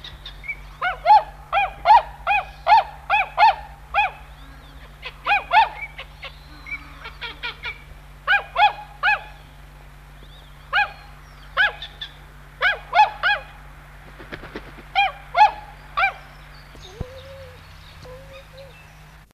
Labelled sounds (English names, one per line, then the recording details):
Tundra Swan call
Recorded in captivity
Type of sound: call
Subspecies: jankowskyi
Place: Vogelpark Walsrode, Niedersachsen, DE
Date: 1978-10-02
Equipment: Halbspur, 9,5 cm/s
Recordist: Lütgens, Hans
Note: Rufe